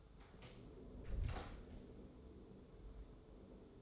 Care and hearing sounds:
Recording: daily activity, microphone in the room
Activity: close door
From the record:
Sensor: 3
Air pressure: 1015.1 hPa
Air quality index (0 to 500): 114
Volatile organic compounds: 4 ppm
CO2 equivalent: 1591 ppm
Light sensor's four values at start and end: 16/40/16/17 and 15/40/16/17

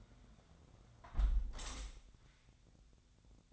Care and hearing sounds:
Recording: daily activity, microphone in the room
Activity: close window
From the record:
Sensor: 3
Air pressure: 1006.6 hPa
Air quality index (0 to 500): 208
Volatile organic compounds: 19 ppm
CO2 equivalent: 2655 ppm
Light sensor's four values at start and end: 11/25/10/10 and 10/24/10/10

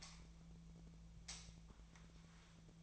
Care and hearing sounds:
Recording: daily activity, microphone in the room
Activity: light on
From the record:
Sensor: 1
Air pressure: 1009.8 hPa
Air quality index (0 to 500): 190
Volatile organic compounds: 18 ppm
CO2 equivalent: 2610 ppm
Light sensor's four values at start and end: 35/89/37/45 and 46/133/55/62

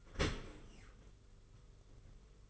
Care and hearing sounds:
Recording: daily activity, microphone in the room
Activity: open dishwasher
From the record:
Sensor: 4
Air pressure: 991.3 hPa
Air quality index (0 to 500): 160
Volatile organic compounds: 139 ppm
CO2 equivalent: 3973 ppm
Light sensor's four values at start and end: 22/74/27/28 and 22/74/27/28

